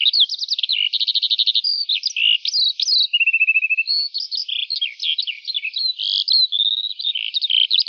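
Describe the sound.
Lark singing a nonstop, varied outpouring of quick chirps, buzzy trills and short slurred whistles, all high-pitched and without pause.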